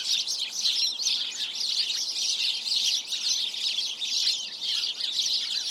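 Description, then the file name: House sparrow flock calling, a thick unbroken wall of overlapping high chirps and cheeps that stays steady in loudness from start to finish. "Passer domesticus"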